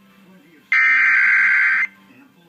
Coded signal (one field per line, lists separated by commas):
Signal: Emergency Alert System (SAME) tones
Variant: header bursts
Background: speech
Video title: EAS #215,216,217 - Severe Thunderstorm Warnings